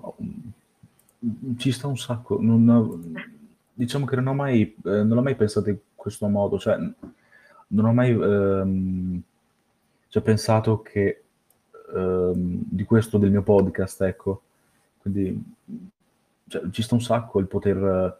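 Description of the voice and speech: A man with a mild stutter speaks Italian in a low voice. He breaks off often with long pauses and stretches word endings for up to about a second. He also uses fillers and restarts the same phrase again and again.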